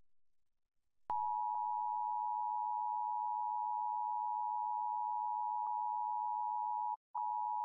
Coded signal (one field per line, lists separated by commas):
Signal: Emergency Alert System (SAME) tones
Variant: 853 and 960 Hz attention tone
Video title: Nationwide EAS Test | WNEP 16 | 7 Aug 2019 02:20 PM EDT